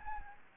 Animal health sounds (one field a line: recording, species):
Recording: mosquito wingbeat signal from an infrared sensor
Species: Aedes albopictus